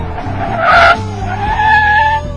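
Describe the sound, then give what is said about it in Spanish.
A car brakes hard to stop while being driven, giving way to an elderly woman at a pedestrian crossing. Its tires let out a loud, high, wavering squeal in two sustained bursts over a low engine rumble, with no voices. “Y pues lógicamente tuve que hacer un alto.”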